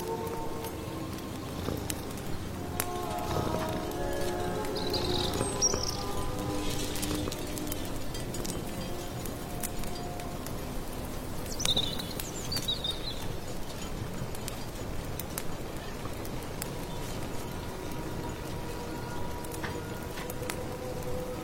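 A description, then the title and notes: Firewood crackles with frequent sharp snaps over a steady, dense rustle like rain. Short bird chirps break through around five and twelve seconds, and soft sustained low tones hum beneath, rising and fading through the first half. Stir your magic amulet soup, accompanied by birdsong, firewood, rustling rain. Late autumn forest.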